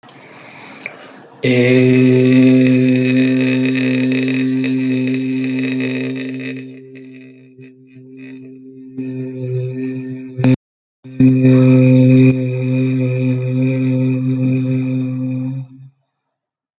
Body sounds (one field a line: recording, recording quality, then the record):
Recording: sustained vowel as in made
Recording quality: moderate, slight background noise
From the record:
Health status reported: healthy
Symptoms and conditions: none ticked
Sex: male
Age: 22 years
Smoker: not ticked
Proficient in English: yes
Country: India